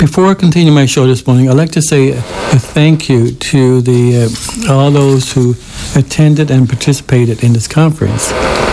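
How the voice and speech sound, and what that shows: Adult male speech on a radio show, with stretched sounds on 'say', 'to' and 'the' and a brief pause: mild stuttering in a man who stutters.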